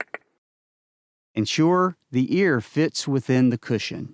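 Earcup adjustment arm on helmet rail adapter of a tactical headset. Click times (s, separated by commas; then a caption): 0.0 s, 0.1 s. The earcup of a helmet-mounted 3M PELTOR ComTac hearing-protection headset on its ARC rail adapter is pressed toward the ear, and its adjustment arm clicks into the tactical (sealed) position, used whenever hazardous noise is possible. Two short clicks sound at 0.0 s and 0.1 s, followed by about a second of silence. Then someone talks.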